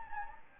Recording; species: mosquito wingbeat signal from an infrared sensor; Anopheles gambiae